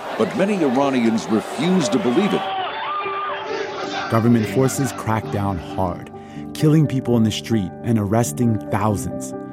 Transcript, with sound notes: But many Iranians refuse to believe it.
(SOUNDBITE OF PROTEST) (Chanting in non-English language) Government forces cracked down hard, killing people in the street and arresting thousands.